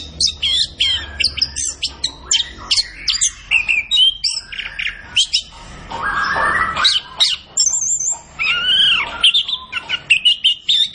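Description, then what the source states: Orange-headed thrush singing rapid high whistles and chips, interrupted by a harsh rasping burst and lower slurred notes, then returning to quick bright phrases. Bird singing vigorously and continuously (gacor); used to train songbirds in Indonesian songbird keeping.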